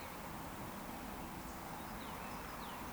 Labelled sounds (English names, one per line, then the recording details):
Eurasian Woodcock whistle
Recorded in Baden-Württemberg, Germany, on 14 June 2020 at 19:37 UTC
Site 14569, 102 m above sea level